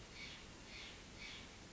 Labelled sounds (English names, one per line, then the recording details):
Steller's Jay
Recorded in Sonoma County, California